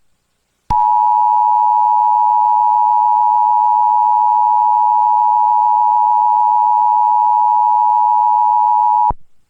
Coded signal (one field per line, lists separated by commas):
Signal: Emergency Alert System (SAME) tones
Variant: 853 and 960 Hz attention tone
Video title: Eas Tornado Waring